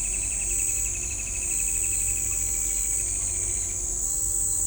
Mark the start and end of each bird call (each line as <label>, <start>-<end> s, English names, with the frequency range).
Straight-billed Woodcreeper (1.9-3.5 kHz), 0.00-3.76 s